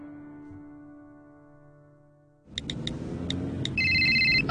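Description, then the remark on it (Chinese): A sustained tonal hum fades out, then a car engine rumbles in as someone drives, joined by a few sharp electronic chirps and finally a bright, warbling phone ringtone over the steady road noise. “喂，啱啱传紧个短信俾你，我揸紧车过嚟啦。”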